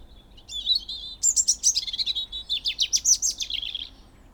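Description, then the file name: European robin song: a sweet warble that breaks into a fast, tumbling series of high twittering notes, sliding and descending. "Erithacus rubecula"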